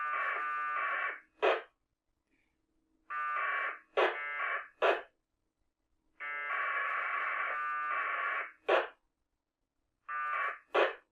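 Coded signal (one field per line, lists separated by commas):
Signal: packet radio (AX.25, as in APRS)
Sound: raspy warbling data bursts trading back and forth with short replies and squelch hiss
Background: radio squelch noise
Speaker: completed send of message and that's it no messages received disconnecting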